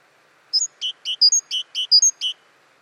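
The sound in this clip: Great tit calls: a rapid series of crisp notes alternating between higher and lower pitches, bright and clear against a quiet background.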